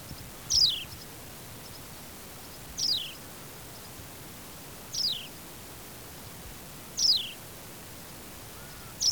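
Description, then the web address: Australian pipit repeating a high, quickly falling call roughly every two seconds, five notes against soft steady background noise. "Anthus Australis"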